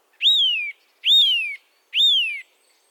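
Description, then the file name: Eurasian nuthatch giving three loud, clear whistled calls, each rising briefly then sliding down, repeated about once a second against a quiet background. "Sitta europaea"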